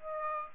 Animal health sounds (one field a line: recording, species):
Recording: mosquito wingbeat signal from an infrared sensor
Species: Aedes aegypti